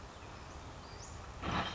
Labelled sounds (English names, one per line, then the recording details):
Western Flycatcher
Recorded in Sonoma County, California